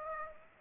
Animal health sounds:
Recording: mosquito wingbeat signal from an infrared sensor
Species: Aedes aegypti

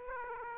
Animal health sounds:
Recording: mosquito wingbeat signal from an infrared sensor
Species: Aedes aegypti

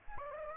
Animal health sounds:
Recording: mosquito wingbeat signal from an infrared sensor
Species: Aedes aegypti

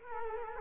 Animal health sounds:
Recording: mosquito wingbeat signal from an infrared sensor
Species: Culex quinquefasciatus

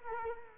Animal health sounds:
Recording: mosquito wingbeat signal from an infrared sensor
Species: Culex quinquefasciatus

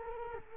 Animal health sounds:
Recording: mosquito wingbeat signal from an infrared sensor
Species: Culex quinquefasciatus

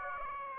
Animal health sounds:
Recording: mosquito wingbeat signal from an infrared sensor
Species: Aedes aegypti

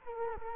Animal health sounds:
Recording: mosquito wingbeat signal from an infrared sensor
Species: Culex quinquefasciatus

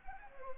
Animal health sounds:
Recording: mosquito wingbeat signal from an infrared sensor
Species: Anopheles arabiensis

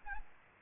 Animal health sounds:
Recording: mosquito wingbeat signal from an infrared sensor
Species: Aedes albopictus

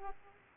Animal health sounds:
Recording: mosquito wingbeat signal from an infrared sensor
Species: Culex pipiens

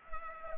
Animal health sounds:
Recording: mosquito wingbeat signal from an infrared sensor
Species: Culex pipiens

